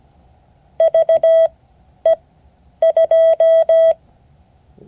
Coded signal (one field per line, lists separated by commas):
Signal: Morse code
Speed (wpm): 17 wpm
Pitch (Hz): 650 Hz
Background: none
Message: VE2